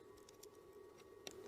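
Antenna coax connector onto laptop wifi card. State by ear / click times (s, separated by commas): seated / 1.3 s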